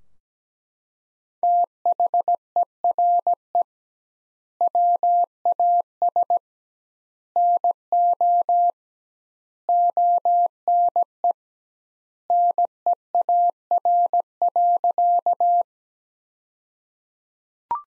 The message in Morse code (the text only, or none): THERE WAS NO ONE NEAR.